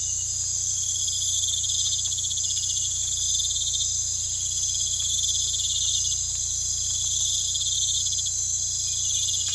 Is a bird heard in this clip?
no